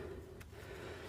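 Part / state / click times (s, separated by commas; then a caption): fuel injector electrical connector lock on the injector / released / 0.4 s. A plastic locking tab on a fuel injector's electrical connector is pulled up to unlock it before removal. A short, sharp click sounds at 0.4 s over a steady low hum, showing that the connector lock has released.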